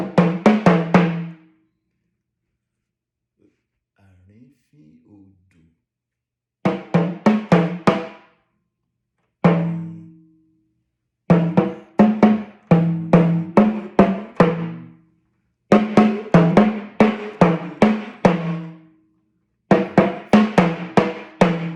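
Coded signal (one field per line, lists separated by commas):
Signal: talking drum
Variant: Yoruba Sakara talking drum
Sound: rhythmic phrases of resonant low drum strokes with pitch inflections, separated by short pauses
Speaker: that doesn't amount as not as thought doesn't amount to the height of your knee and is threatening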